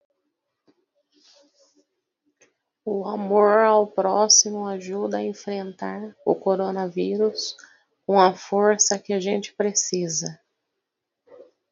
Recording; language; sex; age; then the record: spoken sentence; Brazilian Portuguese; female; 30 to 39 years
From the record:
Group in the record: control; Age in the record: 38 years